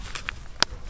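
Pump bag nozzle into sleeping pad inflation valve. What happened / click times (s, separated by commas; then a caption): The pump nozzle clicked onto the valve / 0.6 s. A pump bag's plastic nozzle is pressed onto the inflation valve of a sleeping pad, and it seats with a sharp, loud click at 0.6 s. A few softer taps come before it, at about 0.2, 0.3 and 0.5 s.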